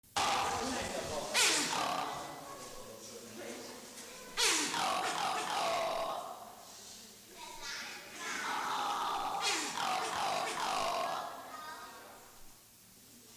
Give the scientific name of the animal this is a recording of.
Cercopithecus diana